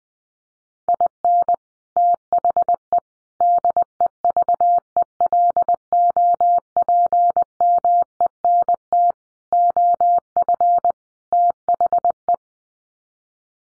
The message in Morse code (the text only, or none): IN THE DEVELOPMENT OF THE